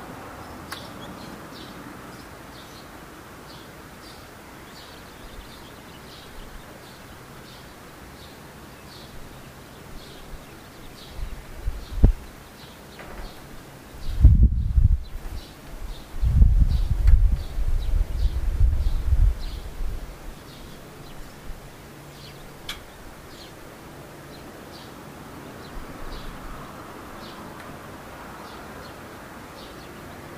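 A bird repeats a short, thin high call at a steady, quick rhythm through the whole half minute, faint over a soft hiss. Around the middle, a few loud, low thumps and rumbling bursts briefly cover it, likely handling or wind.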